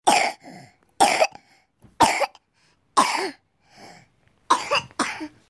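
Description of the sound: Six sharp coughs from a child, about a second apart, each a sudden loud burst followed by a short, quieter breath in. The voice is high and childlike, with no wheeze or whoop between coughs.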